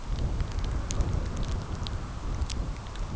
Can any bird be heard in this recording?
no